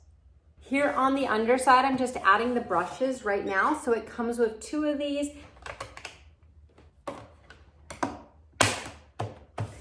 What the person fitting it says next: you hear that click you know you did it properly